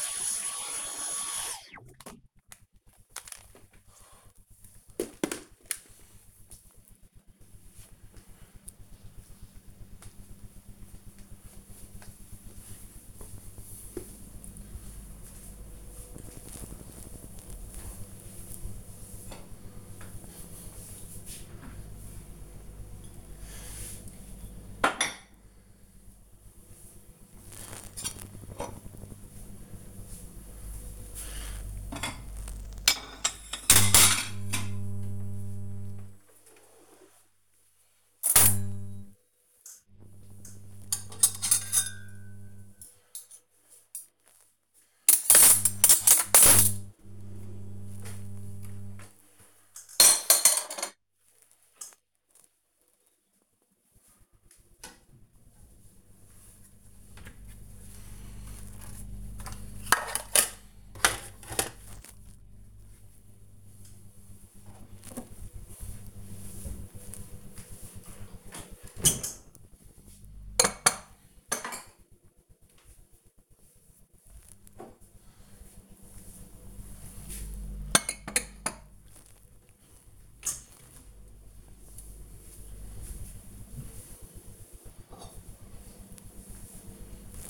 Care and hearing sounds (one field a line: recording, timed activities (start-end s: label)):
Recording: household activities, microphone on the right wrist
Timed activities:
18.95-87.50 s: putting away the dishes